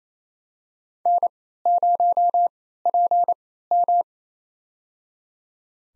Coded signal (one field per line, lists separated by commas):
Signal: Morse code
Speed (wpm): 28 wpm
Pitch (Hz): 700 Hz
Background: none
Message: N0PM